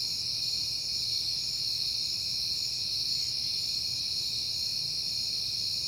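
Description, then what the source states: Crickets keep up a continuous shrill trilling chorus, several overlapping bands of high chirps, over a soft low rumble. Recorded at night in September, on a peaceful night.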